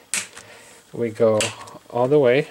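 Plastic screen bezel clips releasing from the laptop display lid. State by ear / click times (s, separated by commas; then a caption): released / 0.1 s. Fingertips on the screen side of the plastic screen bezel of a Lenovo IdeaPad Y480 laptop gently lift it up and out, and a sharp snap at 0.1 s marks a retaining clip popping free from the display lid. Someone then talks as the bezel is released.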